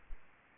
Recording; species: mosquito wingbeat signal from an infrared sensor; Aedes aegypti